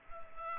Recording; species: mosquito wingbeat signal from an infrared sensor; Culex pipiens